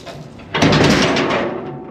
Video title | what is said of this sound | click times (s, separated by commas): Vendange 2023 Champagne jour 1 | Voilà, ça y est, d'une main, je l'ai fait. Donc, vous voyez, là, c'est venu se reclipser ici. | 0.6 s